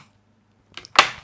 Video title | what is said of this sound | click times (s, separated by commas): Small Porj 01: Change Lenovo Battery | see if it snaps in place sounds promising | 0.8 s, 1.0 s